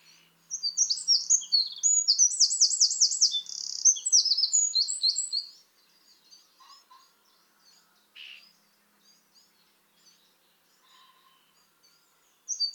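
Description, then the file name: Eurasian wren delivering one long, energetic song of shrill notes and rapid trills. Faint scattered high chips follow, and a new song begins at the very end. "Troglodytes troglodytes"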